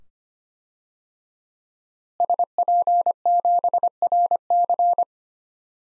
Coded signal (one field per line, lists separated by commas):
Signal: Morse code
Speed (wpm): 25 wpm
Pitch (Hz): 700 Hz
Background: none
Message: SP7RC